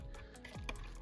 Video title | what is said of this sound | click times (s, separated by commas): GI Joe Classified Series Clutch w/Vamp - Unboxing Showcase Review | this can just get snapped into place like so | 0.7 s